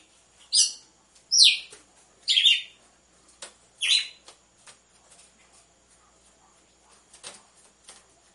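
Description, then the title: Red-cowled cardinal song: four clear downslurred notes in quick succession, then fading into faint clicks and taps. Female song, used to warm up males. "Canto Galo Campina Fêmea 01. ESQUENTE GALO DE CAMPINA COM BATIDA DE DOIS MACHOS"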